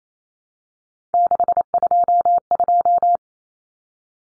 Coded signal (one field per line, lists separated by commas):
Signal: Morse code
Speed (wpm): 28 wpm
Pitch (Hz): 700 Hz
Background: none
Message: 622